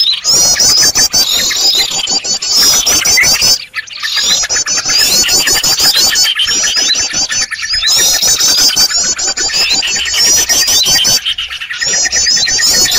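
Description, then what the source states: Birds in a dense, noisy chorus of high chattering and twittering calls, layered shrill phrases running on with brief lulls. Noisy, crowded bird sounds used as a lure to attract birds.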